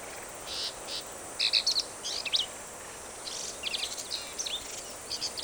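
Black-capped vireo singing rasping, buzzy notes mixed with sharp squeaks in short clustered phrases, separated by brief gaps, with steady background hiss.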